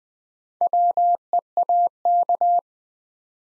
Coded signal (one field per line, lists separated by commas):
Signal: Morse code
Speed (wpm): 20 wpm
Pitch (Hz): 700 Hz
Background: none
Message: WEAK